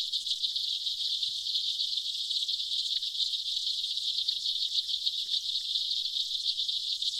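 Aquatic insects producing an unbroken hissing buzz, high and even, finely pulsed throughout.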